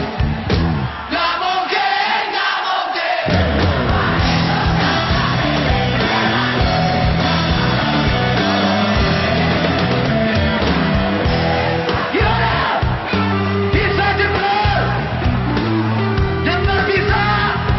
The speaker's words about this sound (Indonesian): Tapi kalau gua bertanya sesuatu yang kalian pikir enggak mungkin, semua yang ada di gor ini berteriak seperti ini.